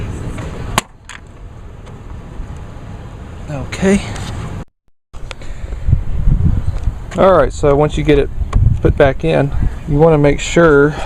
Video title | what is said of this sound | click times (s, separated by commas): 1999 Pontiac Grand Am GT Tail Light Repair | just try to push them until they just click right in | 0.8 s